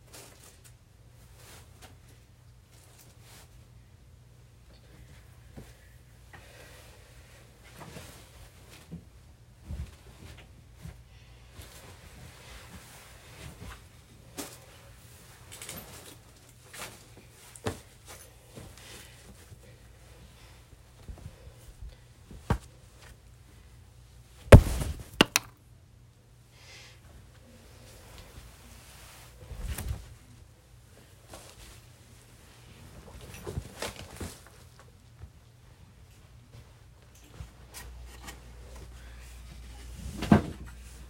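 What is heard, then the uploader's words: Bedsheets being made up: soft, irregular rustles and brushes with a steady low hum, sharp sudden snaps near 25 and 40 seconds. Bed making ASMR. Bed time sheet making.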